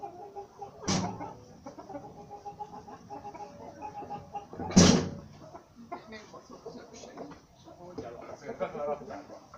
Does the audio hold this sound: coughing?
no